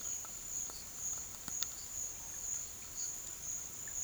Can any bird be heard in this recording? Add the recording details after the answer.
no. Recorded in secondary vegetation near Puerto Asís, Putumayo, Colombia, on 22 June 2025. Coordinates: 0.488, -76.319. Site G094